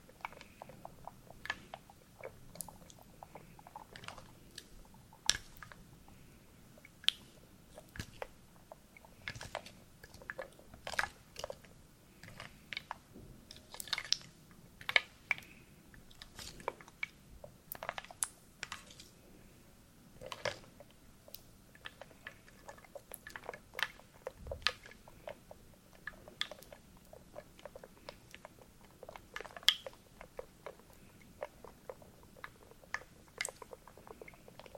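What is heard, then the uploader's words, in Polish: A "wooden soup": small wooden pieces knock and clatter against each other in dense, irregular bursts, crisp, continuing steadily for the whole stretch. A faint low hum sits underneath. Drewniana zupa.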